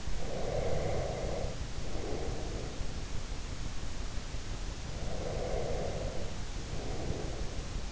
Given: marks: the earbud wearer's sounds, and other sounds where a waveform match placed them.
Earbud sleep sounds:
sounds in sleep by an in-ear microphone; breath
0.00-3.16 s: breath
4.82-7.85 s: breath

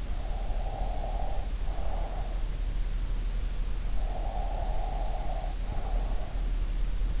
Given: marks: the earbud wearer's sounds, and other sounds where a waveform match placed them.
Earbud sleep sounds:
sounds in sleep by an in-ear microphone; breath
0.12-2.38 s: breath
4.00-6.33 s: breath

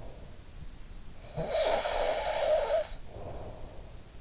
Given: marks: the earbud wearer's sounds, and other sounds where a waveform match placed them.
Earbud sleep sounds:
sounds in sleep by an in-ear microphone; snoring breath
0.97-4.06 s: snoring breath

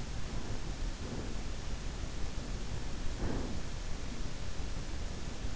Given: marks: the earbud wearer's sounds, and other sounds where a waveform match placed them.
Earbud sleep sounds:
sounds in sleep by an in-ear microphone; breath
0.00-1.69 s: breath
2.95-3.67 s: breath

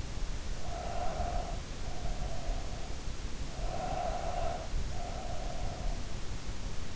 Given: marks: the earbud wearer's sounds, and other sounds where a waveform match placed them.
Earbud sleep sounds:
sounds in sleep by an in-ear microphone; breath
0.64-2.76 s: breath
3.67-5.99 s: breath

